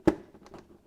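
The front of a plastic engine cover on a V8 is lightly pulled up until its front clip lets go of its mount on the engine. A sharp, loud pop is heard at 0.1 s, followed by a few faint ticks. The front clip is released and loose.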